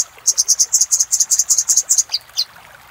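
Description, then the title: Little spiderhunter song: a rapid series of evenly spaced, shrill notes, ending with two downslurred chips. Song used for training cage birds; song style named Labaik. "Masteran Burung Sogok Ontong Labaik"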